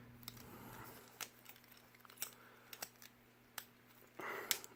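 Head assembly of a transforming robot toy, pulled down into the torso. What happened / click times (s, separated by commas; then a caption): The plastic head assembly snapped into its locked position / 4.5 s. The plastic head assembly of a transforming robot toy is pulled down into the torso during transformation. Several small plastic clicks and handling rustles sound over a steady low hum, then a louder scraping stretch ends in a sharp click at 4.5 s as the head locks into place.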